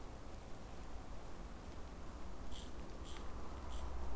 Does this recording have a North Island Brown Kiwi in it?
no